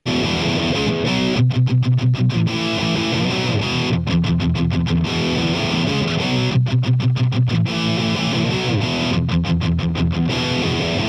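A loud rock song driven by heavily distorted guitar, with a repeating pattern of choppy, stuttering stabs that recur every few seconds over a steady, dense band sound.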